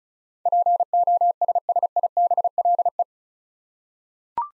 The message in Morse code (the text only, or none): POSSIBLE